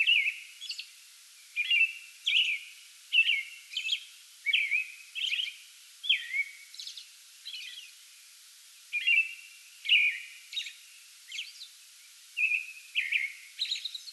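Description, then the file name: American robin caroling, clusters of two or three whistled down-slurred phrases broken by brief silences, with thin high notes scattered through. Pre-dawn song bout recorded on 8 May 2022. "2022-05-08 American Robin pre-dawn song bout"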